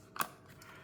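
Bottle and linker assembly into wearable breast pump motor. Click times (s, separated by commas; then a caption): 0.2 s. A bottle and linker assembly slides onto the plastic motor housing of a Horigen E4 wearable breast pump. It clicks into place with a sharp, short snap at 0.2 s, followed by a faint rustle. The assembly is seated in the motor.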